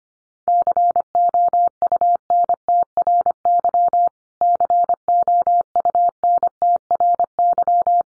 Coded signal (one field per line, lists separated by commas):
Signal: Morse code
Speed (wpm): 25 wpm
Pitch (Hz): 700 Hz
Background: none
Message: COUNTRY COUNTRY